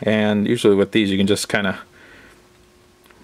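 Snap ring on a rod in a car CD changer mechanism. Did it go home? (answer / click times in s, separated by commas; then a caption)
yes / 3.1 s. Someone talks for the first couple of seconds, then a small metal snap ring is pushed over the top of a rod in the mechanism of a jammed in-dash Ford 6 CD changer being repaired. Two quick, faint clicks at 3.1 s and 3.1 s mark the ring snapping into place, and it is seated well.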